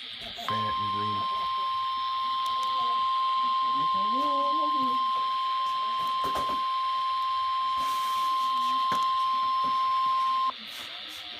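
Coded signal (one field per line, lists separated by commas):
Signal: Emergency Alert System (SAME) tones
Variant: 1050 Hz attention tone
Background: speech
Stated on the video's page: Tornado warning SAME tones received from NOAA weather radio station serving Pittsburgh, PA.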